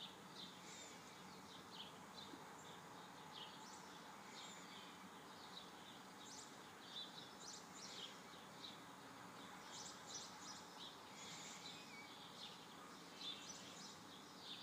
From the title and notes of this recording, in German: Morgendliches Vogel-Konzert ;- by Christian Müller.